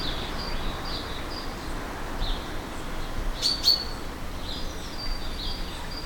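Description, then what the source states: Bird song, faint short high chirps and twitters scattered throughout, with a brighter paired note near the middle, over a steady low background rumble. Garden birds in countryside ambience.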